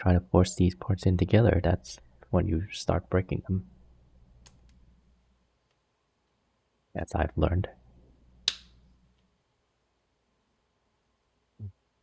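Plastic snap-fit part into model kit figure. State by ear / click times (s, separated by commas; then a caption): seated / 8.5 s. Someone talks, then a plastic snap-fit part is pressed into a model kit figure and seats with one loud, sharp click at 8.5 s. A faint tick sounds earlier at 4.7 s, and a short soft sound follows near 11.6 s.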